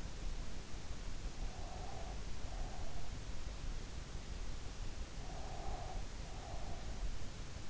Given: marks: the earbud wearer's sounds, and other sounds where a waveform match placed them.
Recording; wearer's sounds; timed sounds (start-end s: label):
sounds in sleep by an in-ear microphone; breath
1.55-3.17 s: breath
5.22-6.98 s: breath